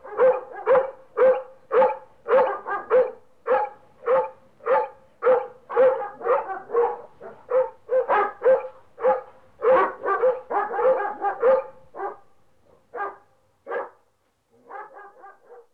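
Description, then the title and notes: Dog barking in a long, steady series of many loud barks, thinning to scattered barks near the end. "NHK Sound Effects Collection - 3-Frogs, Crickets, Cicadas, Horses, Dogs. NHK効果音集 - 3-カエル・虫・セミ・ウマ・イヌ"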